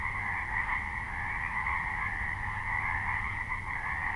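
A frog chorus: many croaks blend into a continuous pulsing hum with faint flutters, over steady low-frequency rumble.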